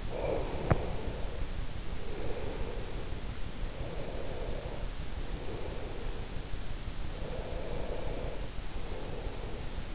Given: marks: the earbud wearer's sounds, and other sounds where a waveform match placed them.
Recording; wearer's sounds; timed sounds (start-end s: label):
sounds in sleep by an in-ear microphone; breath
0.00-3.23 s: breath
3.78-6.56 s: breath
7.11-9.84 s: breath